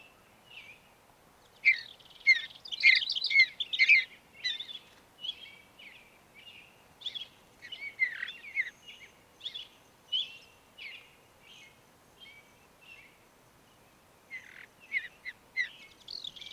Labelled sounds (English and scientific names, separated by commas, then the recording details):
Mountain Bluebird (Sialia currucoides) song
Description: Mountain Bluebird song recorded in Moraine Park in Rocky Mountain National Park
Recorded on 29 May 2017